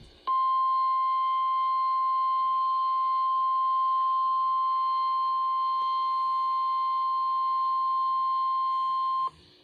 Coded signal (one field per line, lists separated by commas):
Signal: Emergency Alert System (SAME) tones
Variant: 1050 Hz attention tone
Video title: 8/1/25 - Severe Thunderstorm Warning on WXL60 || EAS 2,010